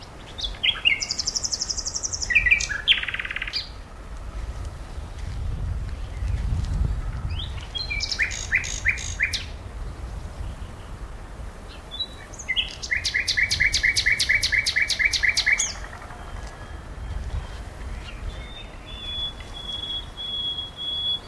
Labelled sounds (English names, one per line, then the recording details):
Common Nightingale song
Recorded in the wild
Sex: male
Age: adult
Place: Berlin, OT Blankenfelde, Tegeler Fließ, Berlin, DE
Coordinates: 52.6253, 13.3928
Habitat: heath
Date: 1988-04-30 11:00
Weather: sunny, 16-20°C
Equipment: Nagra SN, Kopie Tesla B 116
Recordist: Tembrock, Günter